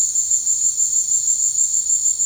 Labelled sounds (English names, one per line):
none